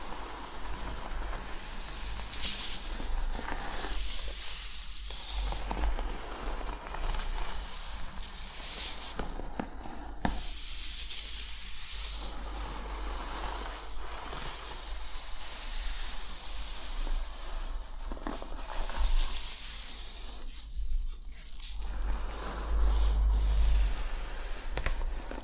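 Scalp scratching and hair brushing go on throughout, a steady run of soft rubbing and bright scratchy strokes that come in quick, fairly regular passes. The sound stays dense and hissy, with a constant low hum underneath and a few louder strokes near the end.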